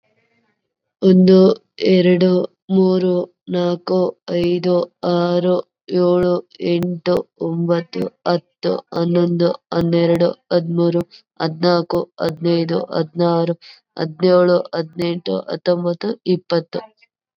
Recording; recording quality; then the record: counting at a normal pace; excellent, no background noise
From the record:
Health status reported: COVID-19 positive, mild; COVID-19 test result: positive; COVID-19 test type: RT-PCR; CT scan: not taken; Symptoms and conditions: cough, cold, fever, fatigue, muscle pain, another condition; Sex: female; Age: 25 years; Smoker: no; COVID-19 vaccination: none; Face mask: not worn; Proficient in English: no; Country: India